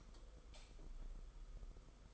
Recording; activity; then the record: daily activity, microphone in the room; light off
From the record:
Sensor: 5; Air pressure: 991.2 hPa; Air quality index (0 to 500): 106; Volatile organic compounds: 22 ppm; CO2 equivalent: 2762 ppm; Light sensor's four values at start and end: 19/48/19/21 and 18/43/17/19